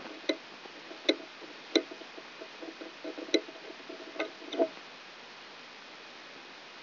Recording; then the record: brain microelectrode recording played as sound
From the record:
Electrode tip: outside the subthalamic nucleus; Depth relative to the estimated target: -8 mm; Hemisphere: right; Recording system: AlphaMap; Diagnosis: Parkinson's disease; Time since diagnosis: 12 years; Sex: female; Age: 47 years